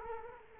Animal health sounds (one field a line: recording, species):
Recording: mosquito wingbeat signal from an infrared sensor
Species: Culex quinquefasciatus